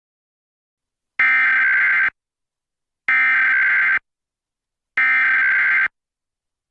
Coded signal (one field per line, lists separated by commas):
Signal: Emergency Alert System (SAME) tones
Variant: header bursts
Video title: EAS National Periodic Test during Magic & Stuff on Plotagon Network (10/4/2023)